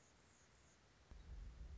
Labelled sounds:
Anna's Hummingbird (Calypte anna)
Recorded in Sonoma County, California

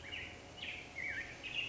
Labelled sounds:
Black-headed Grosbeak (Pheucticus melanocephalus)
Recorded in Sonoma County, California

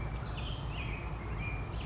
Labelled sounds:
Black-headed Grosbeak (Pheucticus melanocephalus)
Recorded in Sonoma County, California

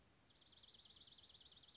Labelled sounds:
Dark-eyed Junco (Junco hyemalis)
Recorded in Sonoma County, California

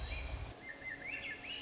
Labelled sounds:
Swainson's Thrush (Catharus ustulatus)
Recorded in Sonoma County, California

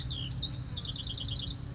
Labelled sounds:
House Wren (Troglodytes aedon)
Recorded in Sonoma County, California

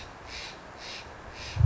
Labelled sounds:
Steller's Jay (Cyanocitta stelleri)
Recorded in Sonoma County, California

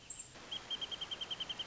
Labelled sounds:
Wrentit (Chamaea fasciata)
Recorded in Sonoma County, California

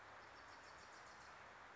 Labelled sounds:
Wilson's Warbler (Cardellina pusilla)
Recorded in Sonoma County, California

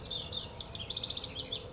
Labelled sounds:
House Wren (Troglodytes aedon)
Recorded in Sonoma County, California

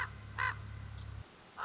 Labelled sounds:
Common Raven (Corvus corax)
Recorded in Sonoma County, California

